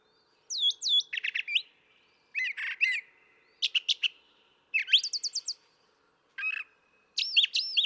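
Brown thrasher song: varied phrases of rich whistles, buzzes and chirps, most phrases given twice in quick succession, separated by short pauses.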